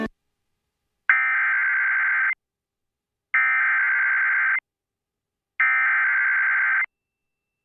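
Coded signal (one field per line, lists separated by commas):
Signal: Emergency Alert System (SAME) tones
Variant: header bursts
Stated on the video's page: Severe thunderstorm warning from NOAA Weather Radio relayed by KCCU FM.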